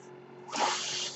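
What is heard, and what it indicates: Brief rushing hiss of air after near-silence, a home mechanical ventilator delivering a breath between spoken phrases.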